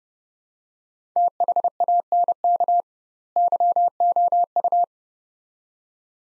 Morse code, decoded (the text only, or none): THANK YOU